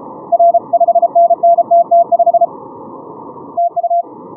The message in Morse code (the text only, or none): R 5NNTT5 TU